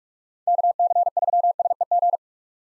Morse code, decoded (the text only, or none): KC3SEG